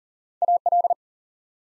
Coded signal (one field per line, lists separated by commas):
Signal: Morse code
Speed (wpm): 40 wpm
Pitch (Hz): 700 Hz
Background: none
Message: AL